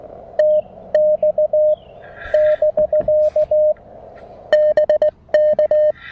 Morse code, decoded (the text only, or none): TX <BK> BK